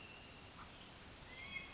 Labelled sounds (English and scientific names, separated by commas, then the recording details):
Pacific Wren (Troglodytes pacificus)
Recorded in Sonoma County, California